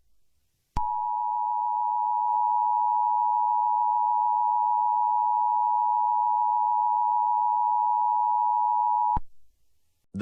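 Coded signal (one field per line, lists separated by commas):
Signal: Emergency Alert System (SAME) tones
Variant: 853 and 960 Hz attention tone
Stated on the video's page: Fictional EAS scenario.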